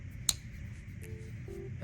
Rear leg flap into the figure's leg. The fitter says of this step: They kind of lock into place.